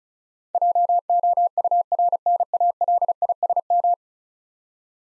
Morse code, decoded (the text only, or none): JOURNALISM